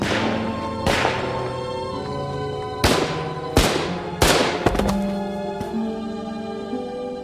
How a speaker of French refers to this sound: 7 novembre 1938. Ce matin-là, à Paris, à l'ambassade d'Allemagne, vers 9h du matin, 5 coups de feu claquent à l'intérieur du bureau du secrétaire Ernst von Rath. 5 coups de feu qui vont bientôt embraser l'Allemagne et le monde.